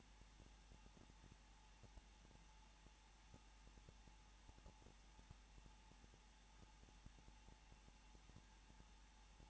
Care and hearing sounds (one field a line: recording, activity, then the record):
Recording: daily activity, microphone in the room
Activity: no activity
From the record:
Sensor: 1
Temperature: 20.2 degrees Celsius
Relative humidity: 35.7%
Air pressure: 994.5 hPa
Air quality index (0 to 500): 182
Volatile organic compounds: 7 ppm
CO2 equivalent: 1995 ppm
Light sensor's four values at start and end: 1/2/1/1 and 1/2/1/1